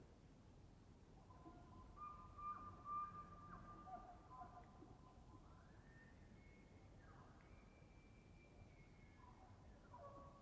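Elk call, thin high whistling tones rising and sliding over a steady low rumbling wind, with short squeals around two to three seconds.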